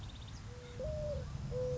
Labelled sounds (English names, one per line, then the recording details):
Mourning Dove
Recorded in Sonoma County, California